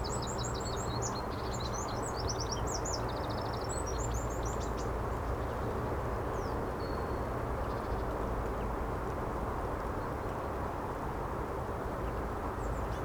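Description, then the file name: Eurasian wren song: a fast, high-pitched burst of chattering trills and twitters in the first few seconds, then a few scattered notes over steady low rumbling noise. "Troglodytes troglodytes"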